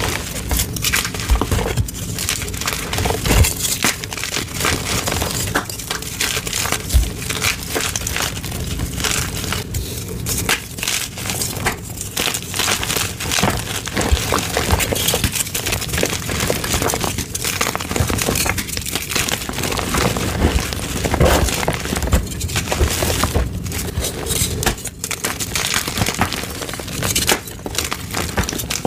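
Dyed gym chalk blocks are crushed, a dense, continuous crunch and crumble running the whole half minute. Sharper, brighter cracks break through every second or two over a steady gritty grinding, with no pauses.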